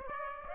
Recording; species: mosquito wingbeat signal from an infrared sensor; Aedes aegypti